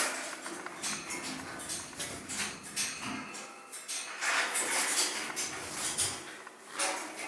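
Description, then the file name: Scarlet macaw chicks making a near-continuous stream of rapid, grating, scratchy calls, pulsing unevenly. Chicks being fed, from a breeding nursery. "krasnyi ara ptency vykormysi iz pitomnika"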